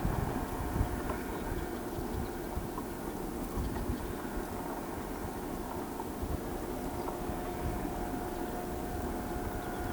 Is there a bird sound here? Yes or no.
no